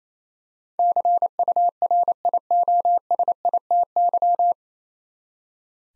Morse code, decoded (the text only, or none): CURIOSITY